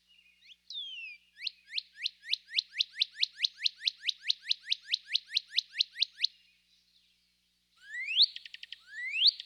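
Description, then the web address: Northern Cardinal song of a falling slur, then a long rapid series of many downslurred chips, a pause, and two rising whistles with a quick trill between them. Eastern North America. "Dan Gibson Wildlife Identification By Sound, Eastern North America Pt 2. Northern Cardinal"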